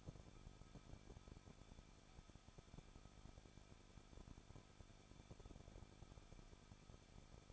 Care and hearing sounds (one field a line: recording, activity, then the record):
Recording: daily activity, microphone in the room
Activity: no activity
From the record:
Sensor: 5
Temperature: 20.8 degrees Celsius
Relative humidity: 38.6%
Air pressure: 1006.5 hPa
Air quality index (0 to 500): 191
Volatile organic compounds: 20 ppm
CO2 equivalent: 2702 ppm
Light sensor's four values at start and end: 2/3/1/1 and 2/3/1/1